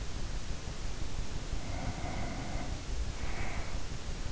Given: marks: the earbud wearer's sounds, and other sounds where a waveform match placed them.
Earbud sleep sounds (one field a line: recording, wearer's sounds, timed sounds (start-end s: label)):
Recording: sounds in sleep by an in-ear microphone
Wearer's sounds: breath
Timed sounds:
1.39-3.86 s: breath